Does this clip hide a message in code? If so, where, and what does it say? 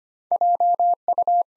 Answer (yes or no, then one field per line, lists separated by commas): yes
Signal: Morse code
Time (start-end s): 0.3-1.4 s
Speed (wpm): 25 wpm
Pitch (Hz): 700 Hz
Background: none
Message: JU